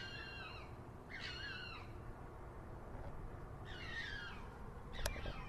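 Fox giving several wavering, harmonic calls that dip downward, with a sharp click near the end over a steady low background hiss.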